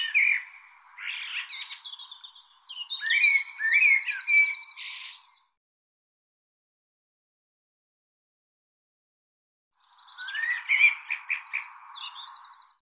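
Bird song: two bursts of rapid, varied twittering, with chattering notes, quick rising whistles and buzzy trills, separated by a few seconds of silence.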